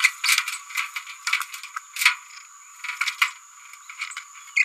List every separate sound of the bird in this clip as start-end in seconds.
0.02-0.09, 4.01-4.05, 4.56-4.64